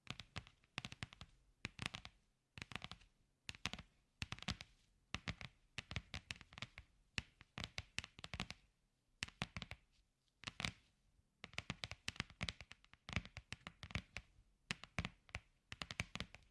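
Tapping in quick clusters of sharp, crisp clicks, bursts of several taps followed by short pauses throughout. The taps are bright and snappy with little low body, and the rhythm stays uneven, sometimes rapid runs, sometimes a few isolated strikes. Only faint hiss fills the gaps.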